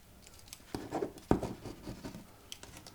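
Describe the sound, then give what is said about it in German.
A ballpoint pen scratches across paper in a few quick strokes and taps as a delivery slip is signed for a package, a short signature scrawled with soft rustling, fairly quiet with no talking. “Dann bitte hier unterschreiben.”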